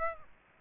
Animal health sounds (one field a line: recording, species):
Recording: mosquito wingbeat signal from an infrared sensor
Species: Aedes aegypti